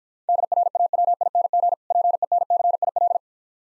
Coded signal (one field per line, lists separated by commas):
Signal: Morse code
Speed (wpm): 52 wpm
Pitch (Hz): 700 Hz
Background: none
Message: DRAWING PENCIL